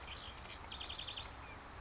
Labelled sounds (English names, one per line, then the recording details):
House Wren
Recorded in Sonoma County, California